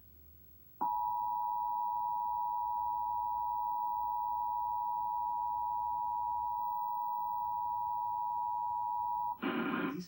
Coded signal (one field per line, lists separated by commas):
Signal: Emergency Alert System (SAME) tones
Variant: 853 and 960 Hz attention tone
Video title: 11/27/19 emergency alert system CBS channel 2